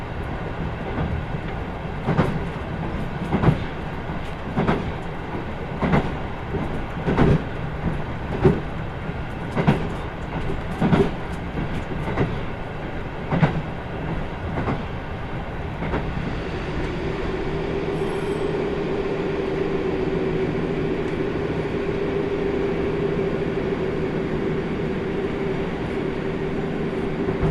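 A Kyushu Odan limited express runs on the Hohi Line from Kumamoto toward Tateno. For the first sixteen seconds, sharp rail-joint clacks come about once a second over a low rumble. Then the clacking stops and a steady droning hum with a mid-pitched tone takes over.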